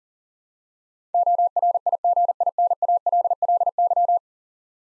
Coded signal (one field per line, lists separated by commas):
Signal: Morse code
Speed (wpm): 37 wpm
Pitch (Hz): 700 Hz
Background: none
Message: ORIGINALLY